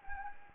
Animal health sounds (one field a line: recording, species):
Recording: mosquito wingbeat signal from an infrared sensor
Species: Anopheles gambiae